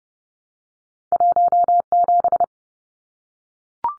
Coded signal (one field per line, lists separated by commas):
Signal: Morse code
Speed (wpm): 30 wpm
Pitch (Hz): 700 Hz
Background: none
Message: 17